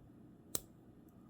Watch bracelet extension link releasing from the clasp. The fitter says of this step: and you just pull the two sections apart and you'll hear the pop